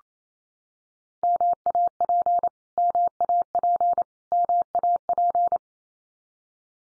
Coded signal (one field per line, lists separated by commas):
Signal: Morse code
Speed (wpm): 28 wpm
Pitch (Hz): 700 Hz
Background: none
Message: MAP MAP MAP